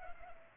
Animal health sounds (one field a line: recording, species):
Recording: mosquito wingbeat signal from an infrared sensor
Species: Culex pipiens